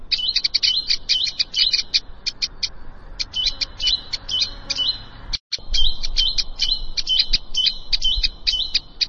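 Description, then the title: Plain prinia song of quick, scratchy repeated notes in runs, with a brief pause mid-way before the buzzy phrases start again. "Ciblek Sawah"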